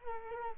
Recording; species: mosquito wingbeat signal from an infrared sensor; Culex quinquefasciatus